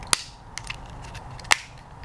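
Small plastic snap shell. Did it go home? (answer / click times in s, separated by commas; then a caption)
yes / 0.1 s, 1.5 s. The plastic top half of a Maserati key fob shell is lined up and pressed firmly onto the bottom half during a battery replacement. Two sharp clicks sound at 0.1 s and 1.5 s, with softer ticks between them, as the halves snap together and seat.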